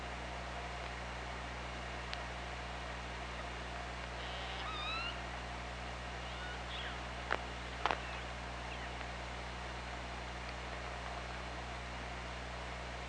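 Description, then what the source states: Killer whale calls: a brief cluster of faint, harmonic upswept squeals just after four seconds, then a few sharp clicks near seven to eight seconds, over steady low hum and hiss. Recorded on an OrcaLab hydrophone, 24 August 2017, 17:08:45.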